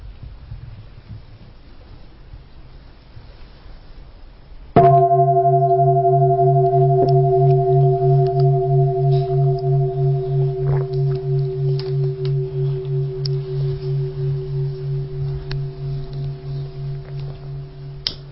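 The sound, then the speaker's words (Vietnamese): During a Buddhist Dharma talk on meditation, after a few seconds of quiet, a deep bell is struck once and rings on with a low, humming resonance that pulses slowly as it gradually fades. No one speaks. “Và tôi bỗng nhận ra dường như là mình mới vừa nghe tiếng chuông đó, phải không?”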